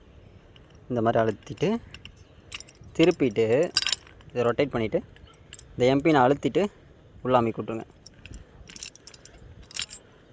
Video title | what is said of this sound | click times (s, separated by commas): Gripper set ல் M pin போடுவது எப்படி TNEB field assistant physical test | அமுக்கிட்டீங்கன்னா இந்த மாதிரி லாக் ஆயிடும். சோ அடுத்து வெளியில எடுத்தீங்கன்னா வராது. | 8.8 s